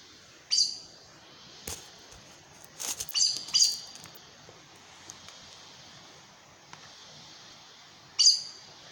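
Aracari with single high squeaky calls at the start and end and a cluster in the middle, mixed with several dry clicks and knocks.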